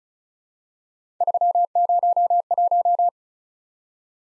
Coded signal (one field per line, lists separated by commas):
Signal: Morse code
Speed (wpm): 36 wpm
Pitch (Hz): 700 Hz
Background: none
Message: 301